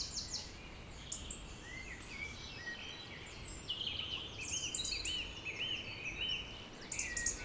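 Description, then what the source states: Birds singing, with a looping series of warbled high phrases in the middle and scattered chirps around it, over steady low background noise. Village birds singing in Tregastel bourg, Pleumeur-Bodou, France, around 8 pm on a humid April 2019 evening; recorded with an MKH 8040 ORTF pair, Rycote windshield and a Zoom H5.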